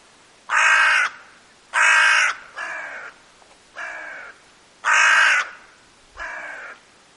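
Hooded crow cawing six times in uneven sequence, loud rasping caws mixed with slightly weaker, shorter ones, with short silent gaps between.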